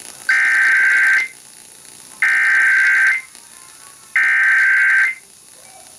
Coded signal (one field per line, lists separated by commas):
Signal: Emergency Alert System (SAME) tones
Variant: header bursts